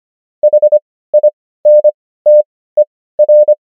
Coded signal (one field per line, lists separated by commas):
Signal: Morse code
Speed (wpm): 25 wpm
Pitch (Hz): 600 Hz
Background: none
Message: HINTER